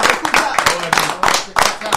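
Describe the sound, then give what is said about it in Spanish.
Hand clapping in a quick, uneven rhythm of sharp slaps, with voices talking loudly over and between the claps. “esto se merece un aplauso para todos ustedes, loco, la verdad.”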